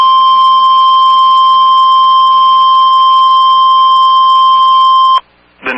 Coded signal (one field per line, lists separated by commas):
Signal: Emergency Alert System (SAME) tones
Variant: 1050 Hz attention tone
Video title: SVR Party and The Return Of Da Floods| EAS Alerts from 6/20-6/22-20 (EAS #29-39)